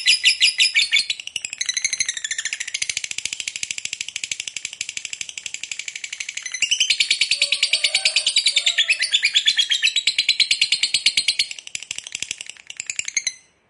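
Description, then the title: Lovebird song: dense, high, rapid chattering and twittering, pulsing steadily with a slight swell midway, then stopping abruptly near the end. Lovebird kept as a fighter bird, singing energetically (gacor). "SUARA Lovebird FIGHTER GACOR"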